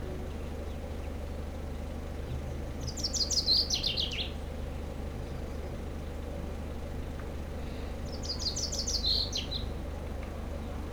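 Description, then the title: Common chaffinch singing two bright descending trilled phrases, each ending in a flourish, about five seconds apart, over a steady low hum. Sings in a tree while preening, Aix-les-Bains, France; car park, scooters and e-bikes nearby, Sierroz river faintly behind. "30 Rue Eugène Fert, Aix-les-Bains, France - Pinson des arbres"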